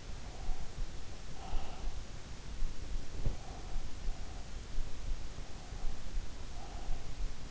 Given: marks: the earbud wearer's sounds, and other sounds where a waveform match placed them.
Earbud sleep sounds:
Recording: sounds in sleep by an in-ear microphone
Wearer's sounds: breath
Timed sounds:
0.00-2.26 s: breath
2.91-4.97 s: breath
5.43-7.30 s: breath

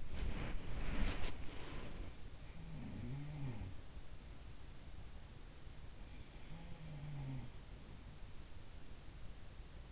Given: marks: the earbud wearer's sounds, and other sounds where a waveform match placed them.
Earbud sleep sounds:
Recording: sounds in sleep by an in-ear microphone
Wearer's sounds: body movement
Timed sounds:
0.00-2.27 s: body movement
2.53-4.02 s: sound from someone else or the room
6.10-8.18 s: sound from someone else or the room

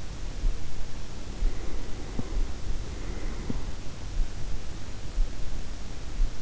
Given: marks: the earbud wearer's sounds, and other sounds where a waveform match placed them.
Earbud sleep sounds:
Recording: sounds in sleep by an in-ear microphone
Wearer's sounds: breath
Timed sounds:
0.88-4.03 s: breath

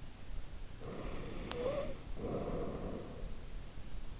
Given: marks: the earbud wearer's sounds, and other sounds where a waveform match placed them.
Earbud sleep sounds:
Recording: sounds in sleep by an in-ear microphone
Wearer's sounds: snoring breath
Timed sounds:
0.77-3.32 s: snoring breath

